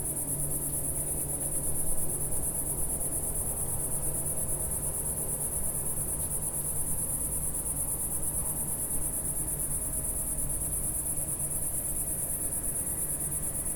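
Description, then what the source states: Cicada producing a constant silvery high-pitched buzz, evenly sustained over a quiet low hum. Single cicada in a garden in a small village in Picardy, northern France; early evening warmth, among lavender and myrtle bushes.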